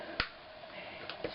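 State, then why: Seated. The blade carriage of a Fiskars rotary paper trimmer is pushed down along its rail and locks into place with a sharp snap at 0.2 s, so the carriage does not open. Two smaller ticks follow at about 1.1 s and 1.2 s, and the carriage is seated.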